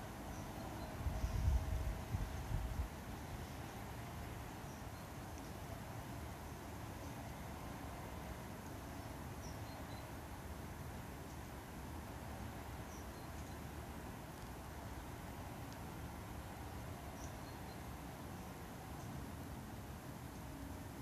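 Steady low city rumble heard from a garden, with a brief louder thump in the first few seconds and faint chirps above.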